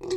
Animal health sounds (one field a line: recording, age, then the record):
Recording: pig call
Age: weaner (32 to 43 days)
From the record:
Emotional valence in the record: negative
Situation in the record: long isolation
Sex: female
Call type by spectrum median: low-frequency call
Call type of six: mixed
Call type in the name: high-frequency modulated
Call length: 0.16 s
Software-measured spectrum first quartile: 366 Hz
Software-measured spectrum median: 529 Hz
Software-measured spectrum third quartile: 3622 Hz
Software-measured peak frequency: 366 Hz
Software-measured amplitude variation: 129 dB a second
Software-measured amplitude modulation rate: 21.8 a second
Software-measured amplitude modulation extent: 5.9 dB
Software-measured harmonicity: 10.2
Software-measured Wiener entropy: -4.83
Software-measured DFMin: 677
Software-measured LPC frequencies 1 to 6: 379, 1028, 1989, 2545, 3769, 4213 Hz